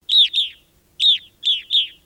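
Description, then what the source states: Evening grosbeak giving clear, slightly burry chirped calls, mostly in quick pairs, five notes in about two seconds against a silent background. March 2013.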